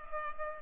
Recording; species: mosquito wingbeat signal from an infrared sensor; Culex pipiens